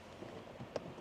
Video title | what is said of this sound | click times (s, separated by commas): Best floor mats to protect your 2025 2026 4th Gen Toyota 4Runner | sure that you get under the gas pedal, and then they just lock into place | 0.8 s